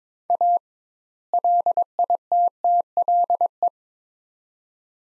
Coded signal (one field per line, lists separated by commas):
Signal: Morse code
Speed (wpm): 22 wpm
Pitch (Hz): 700 Hz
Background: none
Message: A LITTLE